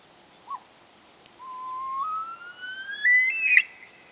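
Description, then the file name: Himalayan snowcock call: a long whistle rising in steps from low to high, ending in a louder, wavering flourish, after one short earlier note over a steady background hiss. "Himalayan Snowcock Tetraogallus himalayensis"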